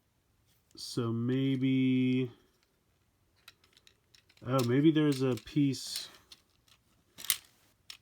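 Someone talks while fiddling with a plastic armor piece on the chest of a Transformers Cyberverse Power of the Spark Elite Class Grimlock & Trash Crash Spark Armor action figure, with faint plastic ticks around 3.5–4.3 s. At 7.3 s a loud snap is heard as the armor piece pops back out and comes undone on its own.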